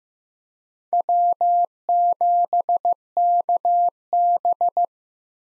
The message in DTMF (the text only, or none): none